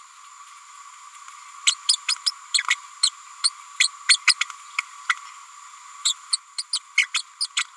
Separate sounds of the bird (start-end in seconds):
1.66-1.74, 1.88-1.97, 2.08-2.15, 2.26-2.31, 3.03-3.10, 3.43-3.50, 3.80-3.89, 4.09-4.17, 4.27-4.34, 4.40-4.45, 5.09-5.13, 6.04-6.14, 6.32-6.37, 6.58-6.63, 6.72-6.79, 6.97-7.06, 7.13-7.23, 7.40-7.47, 7.56-7.64